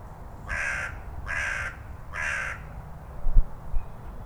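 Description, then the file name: Carrion crow giving three harsh, evenly spaced caws, each about half a second long, over low rumbling background noise, followed by a couple of dull knocks. "Corvus corone"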